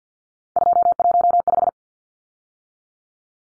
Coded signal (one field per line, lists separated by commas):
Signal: Morse code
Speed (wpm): 50 wpm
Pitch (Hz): 700 Hz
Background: none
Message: 215